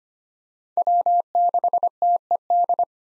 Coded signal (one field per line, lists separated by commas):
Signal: Morse code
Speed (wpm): 25 wpm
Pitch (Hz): 700 Hz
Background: none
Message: W6TED